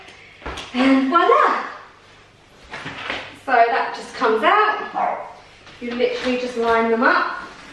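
A removable part of a Bugaboo Cameleon 3 Plus pushchair (2019) comes out and is lined up with its frame mounts on both sides while someone talks. It is handled but not yet pushed home, and nothing has seated or clicked yet.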